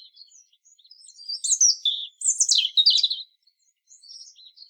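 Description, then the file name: European robin delivering a continuous, thin, silvery warble with sharp trilled flourishes in the middle, framed by quieter high notes. "Erithacus rubecula"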